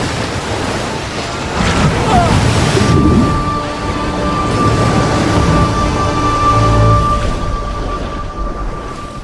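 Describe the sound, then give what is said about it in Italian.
Stormy sea waves crash and churn under a howling wind, a loud, continuous roaring wash with deep rumbling surges and a thin, steady whine running through the second half. “La scialuppa fendette l'aria e cadde nel mare in burrasca.”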